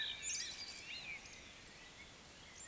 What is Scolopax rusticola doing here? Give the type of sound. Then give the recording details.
whistle, croak. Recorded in Baden-Württemberg, Germany, on 20 May 2021 at 19:13 UTC. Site 24606, 635 m above sea level